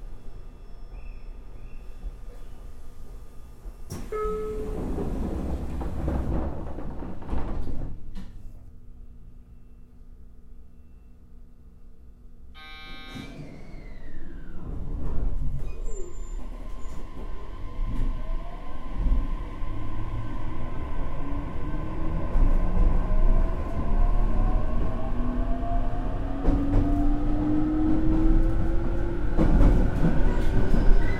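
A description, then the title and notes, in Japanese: A JR Kyushu 817 series train running, starting with low rumble and clanks, then a quieter lull around 8–13 seconds. A sharp whine and thuds follow, and from about 15 seconds the motor tone climbs steadily in pitch as the train accelerates over a growing roar. JR九州 817系 福北ゆたか線 吉塚から篠栗まで。It is a running sound of JR Kyushu 817 series trains.I recorded it on the local train of Fukutoku Yutaka Line (Chikuho Line).The section is from Yoshizuka to sasaguri.817系電車の走行音。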